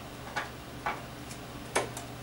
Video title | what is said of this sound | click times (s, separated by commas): IR Sample Preparation and Running of ATR-IR | you might further click but I felt click | 0.9 s, 1.8 s